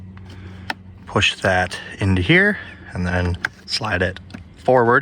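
Someone talks while handling the glove box damper tether on a 2011–2021 Jeep Grand Cherokee, pushing its rounded-nub end toward its plastic mount on the glove box. Faint handling noise and two brief knocks at about 0.2 and 0.7 seconds sit under the speech. Nothing has seated or clicked yet.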